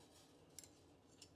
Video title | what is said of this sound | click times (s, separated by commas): Vosteed Ankylo V-Anchor lock knife !!! Disassembly included ! | and then this just pops right in okay | 0.6 s